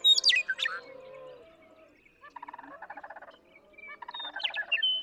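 Western meadowlark song opens with a loud flurry of steeply sliding high notes, followed by rapid pulsed trains of lower notes and another high burst near the end.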